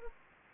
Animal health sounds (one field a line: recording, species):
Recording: mosquito wingbeat signal from an infrared sensor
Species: Anopheles gambiae